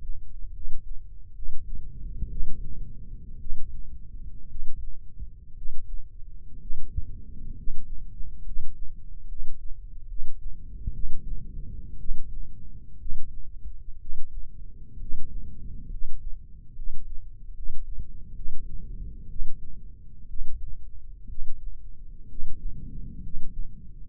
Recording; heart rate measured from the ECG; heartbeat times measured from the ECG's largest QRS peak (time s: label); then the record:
heart sounds by microphone in the left ear; 64 bpm
0.52 s: heartbeat
1.34 s: heartbeat
2.29 s: heartbeat
3.39 s: heartbeat
4.48 s: heartbeat
5.55 s: heartbeat
6.59 s: heartbeat
7.55 s: heartbeat
8.44 s: heartbeat
9.27 s: heartbeat
10.07 s: heartbeat
10.92 s: heartbeat
11.98 s: heartbeat
12.98 s: heartbeat
13.99 s: heartbeat
14.99 s: heartbeat
15.89 s: heartbeat
16.74 s: heartbeat
17.54 s: heartbeat
18.34 s: heartbeat
19.28 s: heartbeat
20.28 s: heartbeat
21.28 s: heartbeat
22.28 s: heartbeat
23.21 s: heartbeat
24.07 s: heartbeat
From the record:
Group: healthy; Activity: rest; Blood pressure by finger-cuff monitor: 125/72 mmHg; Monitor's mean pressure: 87 mmHg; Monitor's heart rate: 63 bpm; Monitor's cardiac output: 7.3 L/min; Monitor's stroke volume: 114 mL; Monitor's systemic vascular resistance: 880 dyn s/cm5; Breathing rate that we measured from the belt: 8 breaths a minute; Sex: male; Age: 23 years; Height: 178 cm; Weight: 96.6 kg